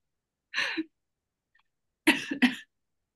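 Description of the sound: Three short, harsh coughs from an adult, one single then a quick pair, during some kind of infection; talking brings on the cough.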